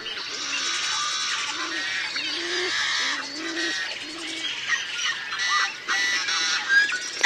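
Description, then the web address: Yellow-headed blackbird harsh song: dense grating, buzzy and squawking notes throughout, with lower rising tonal notes beneath. "Songs of Birds of North America Know Your Bird Sounds Common Western Species. Yellow-headed Blackbird"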